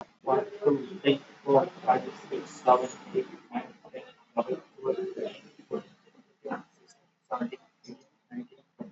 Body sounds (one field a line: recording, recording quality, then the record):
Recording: counting at a fast pace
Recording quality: poor, much background noise or distortion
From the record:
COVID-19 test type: RT-PCR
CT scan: not taken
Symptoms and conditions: none ticked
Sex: male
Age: 33 years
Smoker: no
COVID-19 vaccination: both doses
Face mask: worn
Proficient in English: yes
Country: India